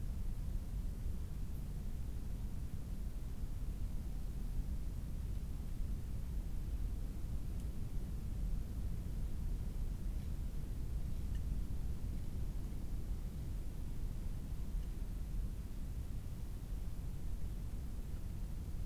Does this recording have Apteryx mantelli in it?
no